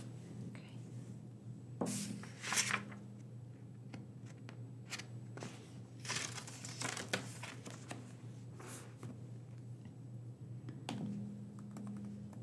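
A librarian checks through books, with sharp clicks, taps and page or cover handling sounds scattered across the twelve seconds, busiest around two to three seconds and again near six to seven. A low steady hum runs underneath throughout, with a brief tone appearing near two and eleven seconds.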